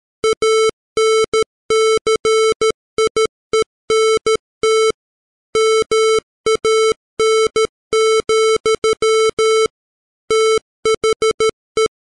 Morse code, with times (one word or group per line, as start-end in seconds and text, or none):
0.2-4.9 ANCIENT
5.6-9.7 MAN,
10.3-11.9 THE